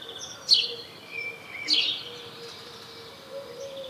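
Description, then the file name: House sparrow calling with two loud, sharp chirps about one and a quarter seconds apart, against a quiet background hum. "Passer domesticus"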